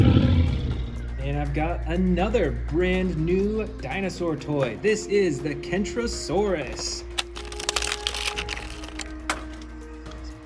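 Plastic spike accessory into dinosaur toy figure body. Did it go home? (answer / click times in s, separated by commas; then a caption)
yes / 7.2 s, 8.1 s. Plastic spike pieces are pressed onto a brand-new plastic Kentrosaurus dinosaur toy figure while someone talks over music. Sharp plastic clicks sound at 7.2 s and 8.1 s, with a quick run of smaller snaps between them, as the spikes click into place and seat on the figure's body.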